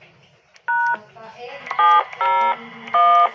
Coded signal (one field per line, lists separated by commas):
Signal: DTMF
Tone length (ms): 310 ms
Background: speech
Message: #701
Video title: dtmf remote testing